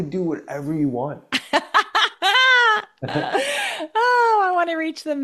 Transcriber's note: laughs